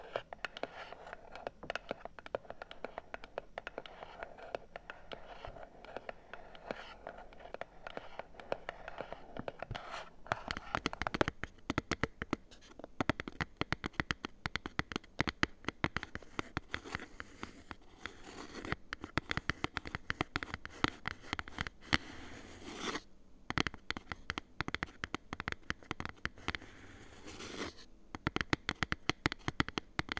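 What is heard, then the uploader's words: Dense, rapid taps and scratchy rustles on cardboard fill the whole clip, dry. The first ten seconds are softer and duller; after that the tapping turns brighter, sharper and busier, with brief pauses near 23 and 27 seconds. ASMR Cardboard Taps! (No Talking).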